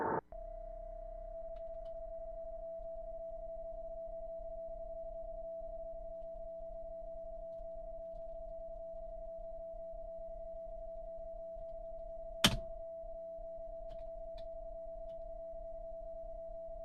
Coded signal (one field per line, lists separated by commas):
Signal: PSK31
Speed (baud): 31.25 baud